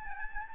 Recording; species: mosquito wingbeat signal from an infrared sensor; Aedes albopictus